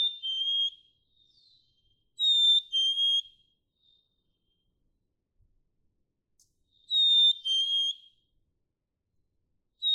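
Black-capped chickadee song of two pure whistles, high then a little lower, repeated with long silent gaps between phrases.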